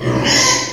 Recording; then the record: squeal of a Yucatan mini pig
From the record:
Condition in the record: before surgery on the right vocal fold (resection and tissue-engineered implant); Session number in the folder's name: 2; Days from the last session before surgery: 0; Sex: male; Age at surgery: 12 weeks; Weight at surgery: 13 kg